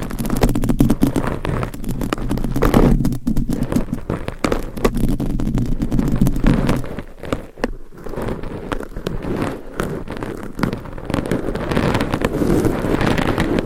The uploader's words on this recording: ASMR Mic Scratching - Brain Scratching 40 Different Mic Setups - Asmr No Talking.